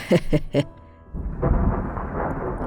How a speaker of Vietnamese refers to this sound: Tuy nhiên ông Phan vừa nói xong thì một tiếng sét tự dưng nổ toang cả bầu trời, khiến cho tất cả mọi người phải ôm đầu ngồi xuống.